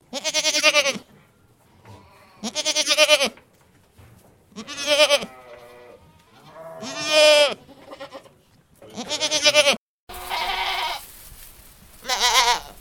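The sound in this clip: Goat bleating: five loud, quavering, nasal bleats roughly every two seconds, with softer calls between them, then a rougher, noisier stretch at the end.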